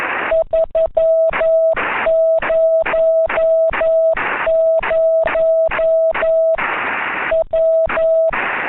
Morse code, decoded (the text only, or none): 300 W